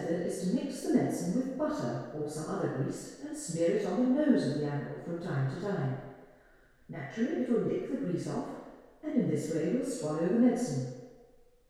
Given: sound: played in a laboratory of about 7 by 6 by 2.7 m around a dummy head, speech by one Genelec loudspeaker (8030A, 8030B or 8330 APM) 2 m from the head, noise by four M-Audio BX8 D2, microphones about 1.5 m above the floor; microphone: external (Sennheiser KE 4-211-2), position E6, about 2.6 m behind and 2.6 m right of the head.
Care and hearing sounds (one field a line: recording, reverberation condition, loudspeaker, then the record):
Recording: female speech in English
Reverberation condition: high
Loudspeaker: 150 degrees to the right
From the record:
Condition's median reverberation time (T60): about 1300 ms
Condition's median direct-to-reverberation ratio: about -4.0 dB